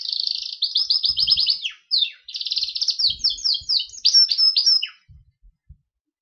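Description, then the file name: Gloster canary song of rapid rolling trills, the notes repeated in quick even series, with downward-sweeping slurs between runs before stopping; a few soft taps follow. "canary gloster sings"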